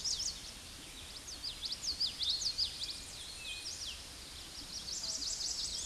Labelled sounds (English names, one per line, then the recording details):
Common Yellowthroat song
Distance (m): 15 m
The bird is about 5 m above the microphone
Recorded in a Pennsylvania forest on 16 May 2024 at 09:48
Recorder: AudioMoth, point MSD-0438
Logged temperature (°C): 14.5 °C
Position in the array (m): 90 m, 99 m